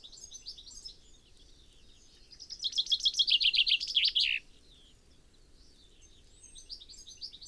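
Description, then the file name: Common chaffinch song: a two-second cascade of rapid, descending chirps ending in a flourish, with faint high twittering before and after. "Fringilla coelebs"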